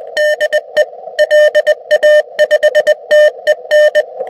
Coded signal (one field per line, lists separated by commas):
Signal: Morse code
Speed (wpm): 20 wpm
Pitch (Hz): 600 Hz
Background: none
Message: DE LA5TEN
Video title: Using HAMA / HDMI Video 4K to USB recording Stick